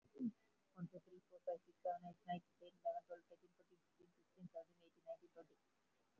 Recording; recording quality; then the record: counting at a fast pace; excellent, no background noise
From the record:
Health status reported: COVID-19 positive, mild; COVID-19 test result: positive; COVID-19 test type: RT-PCR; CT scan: not taken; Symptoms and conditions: fever, loss of smell and taste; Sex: female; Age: 48 years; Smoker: no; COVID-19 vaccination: both doses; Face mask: worn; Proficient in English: yes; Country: India